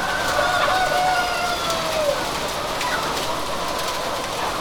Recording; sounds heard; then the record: poultry house recording; healthy chickens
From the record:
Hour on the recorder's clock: 17